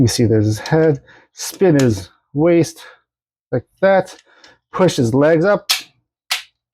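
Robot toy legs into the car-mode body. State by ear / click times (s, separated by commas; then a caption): seated / 6.3 s. Someone talks while pushing the plastic legs of a transforming robot toy up into its car-mode body. A sharp plastic click is heard at 6.3 seconds as the legs lock into place.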